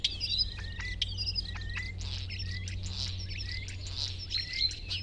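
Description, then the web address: Common starling giving a busy stream of short whistles, slurred notes and clicks, some phrases repeated, over a steady low hum. "Ocells Cultura Estornino pinto"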